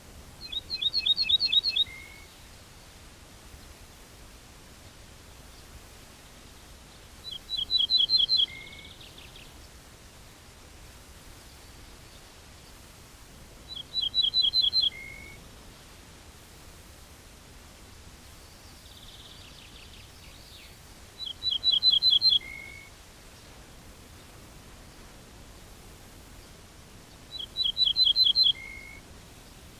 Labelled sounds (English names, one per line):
Ortolan Bunting song